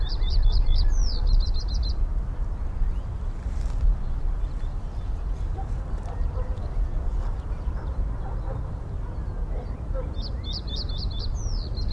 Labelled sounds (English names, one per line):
Reed Bunting